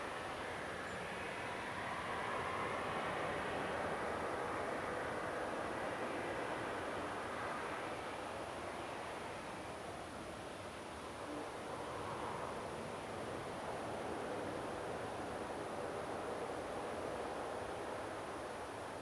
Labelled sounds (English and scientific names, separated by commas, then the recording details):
European Robin (Erithacus rubecula)
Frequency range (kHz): European Robin (Erithacus rubecula) 7.1-8.6 kHz
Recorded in France